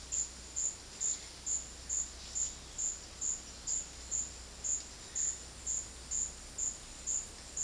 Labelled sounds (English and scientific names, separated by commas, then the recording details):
none
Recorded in dense forest near Puerto Asís, Putumayo, Colombia, on 19 February 2024 at 13:30
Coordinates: 0.481, -76.318
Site G6421